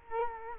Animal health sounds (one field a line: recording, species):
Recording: mosquito wingbeat signal from an infrared sensor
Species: Culex quinquefasciatus